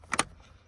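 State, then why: Seated. Two plastic steering column cover halves on an RSX, being reinstalled with a wrapped steering wheel, are lined up at their back edges and pressed together. Two sharp plastic clicks are heard at 0.1 s and 0.2 s as the clips snap in. The cover is seated.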